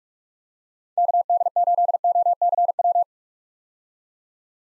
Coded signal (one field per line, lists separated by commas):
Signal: Morse code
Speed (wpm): 46 wpm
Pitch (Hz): 700 Hz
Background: none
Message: KD8OCW